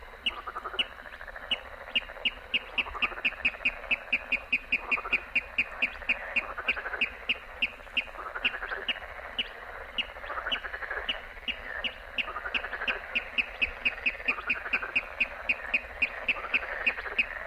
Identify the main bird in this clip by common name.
Water Rail